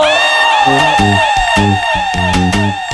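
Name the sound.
crowd shouting and cheering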